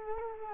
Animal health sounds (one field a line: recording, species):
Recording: mosquito wingbeat signal from an infrared sensor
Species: Culex quinquefasciatus